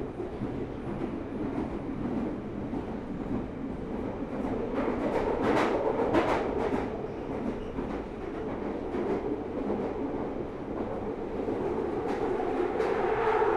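An empty Underground train rumbles along with a steady, dense roar of low and mid tones that barely changes in level. Sharper rattles and clanks break through in bursts, most often around the middle, and a thin squeal rises near the end.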